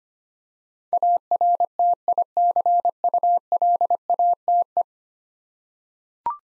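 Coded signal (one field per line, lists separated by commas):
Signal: Morse code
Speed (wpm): 25 wpm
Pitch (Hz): 700 Hz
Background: none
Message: ARTICULATE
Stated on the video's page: Computer-generated Morse head-copy drill of ten-letter words at 25 wpm; each word sent, spoken, then sent again.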